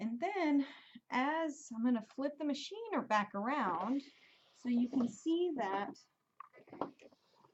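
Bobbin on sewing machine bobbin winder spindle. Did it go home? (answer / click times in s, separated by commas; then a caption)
no / none. Someone talks while a bobbin on a sewing machine's bobbin winder spindle is handled. Nothing has clicked into place or seated yet by the end of the clip.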